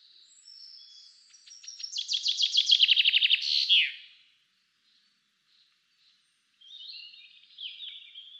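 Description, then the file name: Common chaffinch delivers a cascading trill of quick repeated notes that ends in an emphatic downward flourish; soft high bird calls are heard before and after. "Fringilla coelebs"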